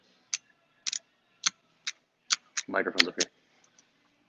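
A barber moves the blade-adjust lever on a pair of hair clippers to the half-closed position, where it locks into a detent with a sharp click at 0.3 s, held up close so the click can be heard. Several more short, crisp clicks follow at about 0.9, 1.5, 1.9, 2.3 and 2.6 s, and someone talks briefly near the end. The lever is seated in its half-way detent, and the click confirms it is where it needs to be.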